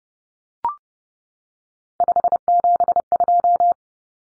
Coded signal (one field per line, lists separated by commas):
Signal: Morse code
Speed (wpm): 30 wpm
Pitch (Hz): 700 Hz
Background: none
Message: 572